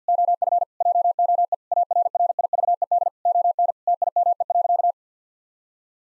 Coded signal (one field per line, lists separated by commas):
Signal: Morse code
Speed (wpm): 50 wpm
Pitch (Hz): 700 Hz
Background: none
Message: OF JOE ARRIVED ON TIME.